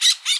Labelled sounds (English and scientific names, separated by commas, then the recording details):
Brown-throated Parakeet (Eupsittula pertinax) contact call
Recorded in Bonaire
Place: just S of turnoff to Cai, near Lac Bay
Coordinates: 12.126, -68.239